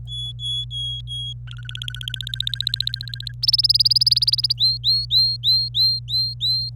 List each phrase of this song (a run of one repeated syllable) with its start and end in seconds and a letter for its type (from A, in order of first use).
0.08-1.33 A, 1.47-3.33 B, 3.42-4.53 C, 4.58-6.69 D